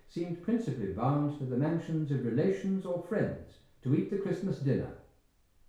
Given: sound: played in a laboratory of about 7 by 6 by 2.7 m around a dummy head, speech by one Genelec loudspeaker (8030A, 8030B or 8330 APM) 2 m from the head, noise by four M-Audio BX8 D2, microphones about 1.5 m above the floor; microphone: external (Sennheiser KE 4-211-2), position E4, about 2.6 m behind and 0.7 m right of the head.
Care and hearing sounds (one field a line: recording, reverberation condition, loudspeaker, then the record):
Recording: male speech in English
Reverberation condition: medium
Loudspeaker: 150 degrees to the right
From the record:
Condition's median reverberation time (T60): about 510 ms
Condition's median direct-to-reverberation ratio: about -0.5 dB